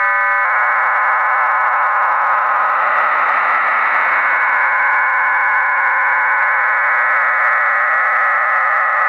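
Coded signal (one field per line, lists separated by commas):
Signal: numbers station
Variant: HM01 RDFT data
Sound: steady dense warbling hiss of many close tones, like a digital data burst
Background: radio static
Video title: Shortwave Radio - HM01 Numbers Station - 11530kHz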